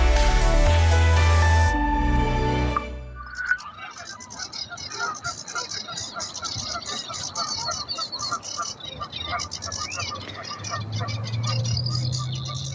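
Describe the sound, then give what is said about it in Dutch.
After a short burst of music, geese call over the steady, high buzzing reel of a Savi's warbler and the scratchy, chattering song of a reed warbler, the layered birdsong continuing without pause to the end. “hoort ganzen en een rietzanger en de snor.”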